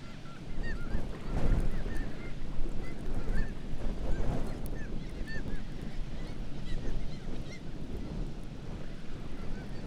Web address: Black legged kittiwake. کاکایی-پاسیاه